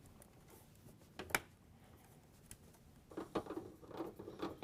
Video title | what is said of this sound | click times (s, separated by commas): ASUS MAXIMUS IX HERO LGA1151 DDR4 | Once you have it all lined up with the PCI slot, firmly push until the latch on the slot clicks into place. | 1.4 s